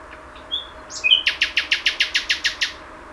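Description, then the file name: Common nightingale song: a few thin whistles, then a fast series of loud repeated notes. "Luscinia megarhynchos 100311"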